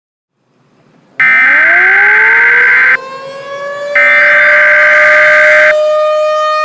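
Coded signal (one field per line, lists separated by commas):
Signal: Emergency Alert System (SAME) tones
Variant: header bursts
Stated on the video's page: Fictional EAS scenario.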